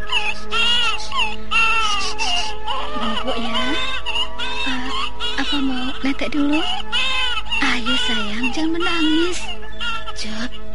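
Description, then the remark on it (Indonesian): A baby cries loudly in a steady run of high, wavering wails, each cry rising and falling in pitch, with barely a pause between them for around ten seconds, in the beggars' lodging of Ki Ageng Lindu in the Welingi forest. “Di pemondokan pengemis Ki Ageng Lindu terdengar tangis bayi.”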